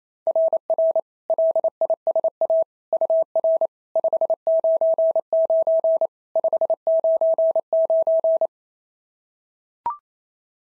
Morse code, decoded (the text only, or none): RR LISA UR 599 599